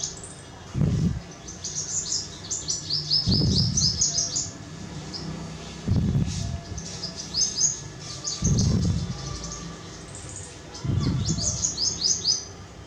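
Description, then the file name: Purple sunbird with high, sharp twittering chirps in quick runs, while low dull thumps recur roughly every two and a half seconds underneath. "Purple sunbird alok"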